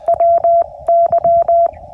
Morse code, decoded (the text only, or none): WY